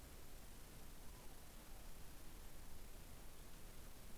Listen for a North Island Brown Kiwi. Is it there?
no